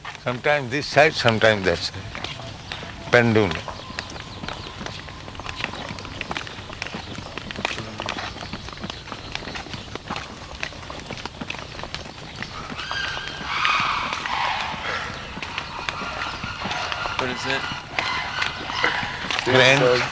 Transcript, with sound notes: Sometimes this side, sometimes that side. Pendulum.
[loud noise from birds] What is that?